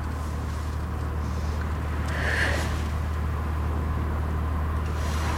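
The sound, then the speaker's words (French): Road traffic rumbles steadily throughout, a dense, even wash of engine and tyre noise with a brief higher whine rising out of it partway through. No one speaks. “La circulation.”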